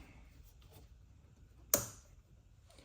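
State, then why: Seated. A plastic wiring harness connector is pushed onto the terminal of a new evap vent solenoid on a 2013 Chevy Equinox / GMC Terrain, to make sure it is fully on. Against a quiet low hum with a couple of faint taps, a single sharp, loud click rings out at 1.7 s. The connector is seated on the solenoid.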